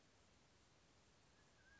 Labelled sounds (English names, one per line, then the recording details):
Mountain Quail
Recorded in Sonoma County, California